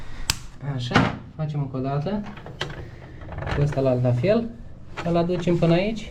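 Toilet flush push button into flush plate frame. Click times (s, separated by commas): 0.3 s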